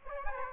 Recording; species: mosquito wingbeat signal from an infrared sensor; Aedes aegypti